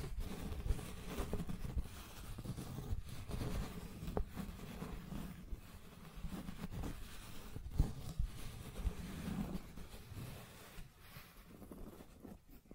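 Scratching and tracing on a surface makes a continuous, rough rubbing noise that is heavy and rumbling in the low end and swells and dips unevenly. Sharp clicks break through now and then, most clearly near 4 and 8 seconds, and the sound thins out toward the end.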